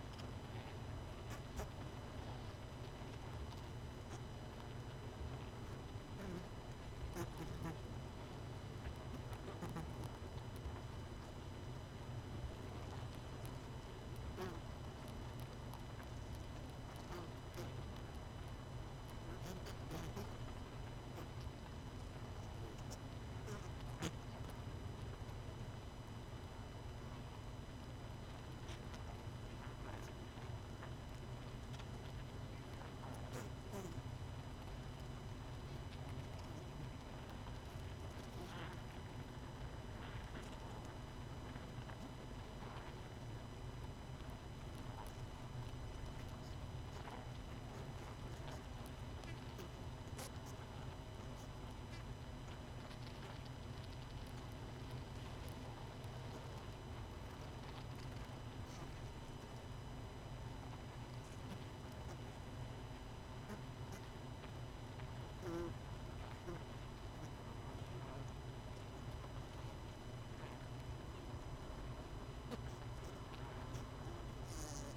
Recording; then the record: honeybee colony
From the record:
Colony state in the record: missing queen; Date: 31 May 2018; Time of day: 19:57